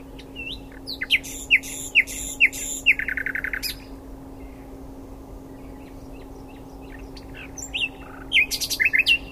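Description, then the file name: Common nightingale song: spaced sharp chirps quickening into a fast buzzy trill, a long pause, then another burst of loud repeated notes, with a faint steady hum. "Luscinia megarhynchos"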